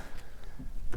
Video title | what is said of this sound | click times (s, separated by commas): BEST IN CLASS?! Boston Whaler 280 Vantage Walk Around | You heard that click right there. | 0.9 s